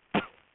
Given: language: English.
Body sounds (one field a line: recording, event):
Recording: throat vibration sensor signal played as sound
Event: cough